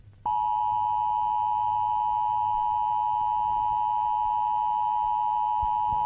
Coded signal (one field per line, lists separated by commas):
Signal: Emergency Alert System (SAME) tones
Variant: 853 and 960 Hz attention tone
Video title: (EAS SCENARIO #11) Prejudice